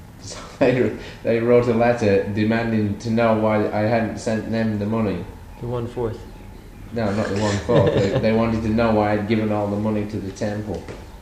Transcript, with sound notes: So they wrote a letter demanding to know why I hadn't sent them the money.
The one fourth. [laughter]
No, not the one fourth. But they wanted to know why I had given all the money to the temple.